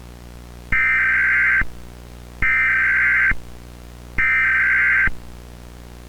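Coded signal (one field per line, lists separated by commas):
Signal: Emergency Alert System (SAME) tones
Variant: header bursts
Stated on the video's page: Fictional EAS alert made as analog horror.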